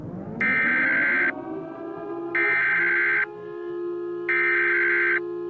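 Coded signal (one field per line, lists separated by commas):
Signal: Emergency Alert System (SAME) tones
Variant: header bursts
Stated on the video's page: Fictional mini EAS scenario: an Evacuation Immediate alert for a New York hurricane.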